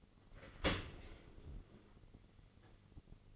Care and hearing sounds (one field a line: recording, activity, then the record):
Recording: daily activity, microphone in the room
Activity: open dishwasher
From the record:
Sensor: 4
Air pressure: 1003.9 hPa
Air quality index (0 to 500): 153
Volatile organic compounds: 2 ppm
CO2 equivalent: 1086 ppm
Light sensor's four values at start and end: 28/68/29/31 and 29/70/29/32